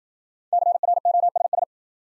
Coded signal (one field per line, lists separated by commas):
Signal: Morse code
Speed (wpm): 56 wpm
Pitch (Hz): 700 Hz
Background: none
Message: CROSS